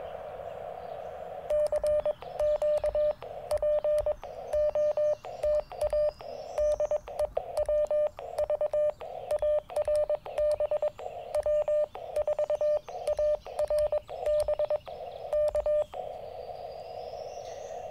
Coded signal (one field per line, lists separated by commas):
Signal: Morse code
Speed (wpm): 22 wpm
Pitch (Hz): 600 Hz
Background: radio noise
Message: CQ POTA DE WVARB W4ARB K